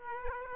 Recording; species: mosquito wingbeat signal from an infrared sensor; Aedes aegypti